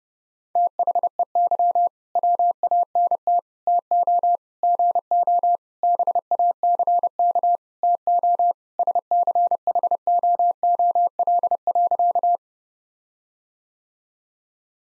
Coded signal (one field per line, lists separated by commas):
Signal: Morse code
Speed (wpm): 30 wpm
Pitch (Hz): 700 Hz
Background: none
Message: THEY WANT TO GO BACK TO SCHOOL.